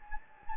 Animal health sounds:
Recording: mosquito wingbeat signal from an infrared sensor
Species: Anopheles gambiae

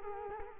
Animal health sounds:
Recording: mosquito wingbeat signal from an infrared sensor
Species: Culex quinquefasciatus

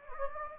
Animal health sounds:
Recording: mosquito wingbeat signal from an infrared sensor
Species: Anopheles gambiae

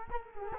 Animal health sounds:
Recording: mosquito wingbeat signal from an infrared sensor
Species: Culex quinquefasciatus

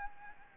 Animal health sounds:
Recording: mosquito wingbeat signal from an infrared sensor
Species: Anopheles gambiae

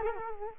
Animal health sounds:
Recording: mosquito wingbeat signal from an infrared sensor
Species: Culex quinquefasciatus

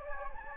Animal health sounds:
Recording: mosquito wingbeat signal from an infrared sensor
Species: Anopheles gambiae

